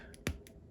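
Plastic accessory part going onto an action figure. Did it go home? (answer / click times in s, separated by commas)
yes / 0.3 s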